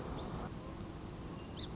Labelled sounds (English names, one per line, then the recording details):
Song Sparrow
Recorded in Sonoma County, California